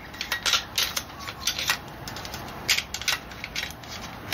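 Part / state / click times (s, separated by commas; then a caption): drop target in a pinball drop target bank / not seated / none. Drop targets in a Gottlieb pinball drop target bank, with their spring hooks re-formed, are pushed down and released, giving a run of sharp plastic clatters and rattles. They spring back up without latching because the return spring that pulls them onto the lip is not fitted yet. Nothing has latched or clicked into place yet.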